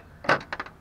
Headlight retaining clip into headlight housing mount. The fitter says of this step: This clip goes right here on the top. It's the easiest one to get to. Snaps right in.